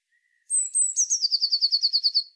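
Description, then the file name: Eurasian blue tit song: two thin, very high drawn-out notes, then a fast, slightly falling trill of about a dozen quick notes. "Cyanistes caeruleus"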